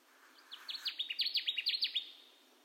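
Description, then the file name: Connecticut warbler song: a loud, rolling series of many sharp, descending chip-like notes, building in strength, lasting about one and a half seconds. Recorded 10 June 2021; nine songs. "2021-06-10 Connecticut Warbler 9 songs"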